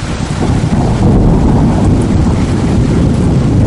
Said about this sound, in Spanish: La detonación se confundió con los truenos. Esta noche hubo tormenta eléctrica particularmente intensa.